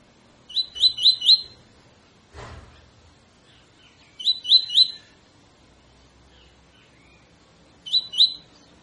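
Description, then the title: Double-collared seedeater song: three short phrases of rapid rising whistles, with a short thump or handling noise between the first two. Tutor song used to train birds; 'tui tui fibra' song style. "COLEIRO TUI TUI FIBRA"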